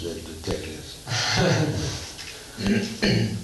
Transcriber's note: laughter